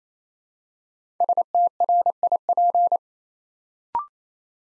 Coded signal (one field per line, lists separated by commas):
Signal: Morse code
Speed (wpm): 27 wpm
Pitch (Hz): 700 Hz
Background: none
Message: STRIP